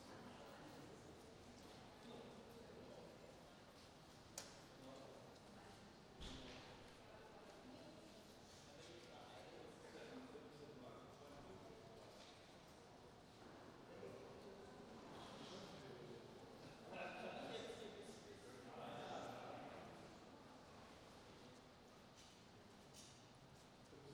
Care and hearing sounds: everyday scene through a hearing-aid microphone; reverberant space; background noise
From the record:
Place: railway station hall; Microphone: in the ear canal, right

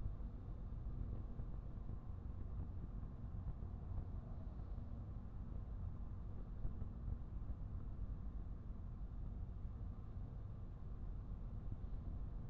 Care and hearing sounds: everyday scene through a hearing-aid microphone; in a vehicle; engine, highway driving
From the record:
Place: Skoda Fabia, gasoline engine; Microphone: behind the ear, right, rear

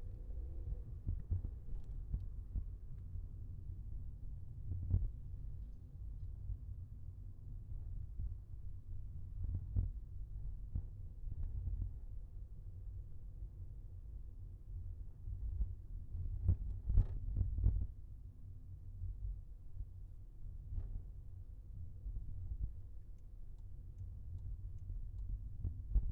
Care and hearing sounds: everyday scene through a hearing-aid microphone; in a vehicle; engine, highway traffic jam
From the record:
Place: Skoda Fabia, gasoline engine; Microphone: behind the ear, left, rear

